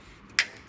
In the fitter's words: like that see them two clicks and that's those two little units on the side